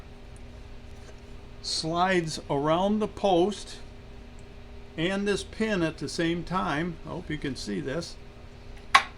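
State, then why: Seated. Someone talks while a steel adjuster piece for the deck belt on a Snapper RER riding mower is slid between the steel plate and the frame, around the post and onto the pin. At 9.0 s a single sharp, loud hit is heard as the adjuster plate snaps into place and seats.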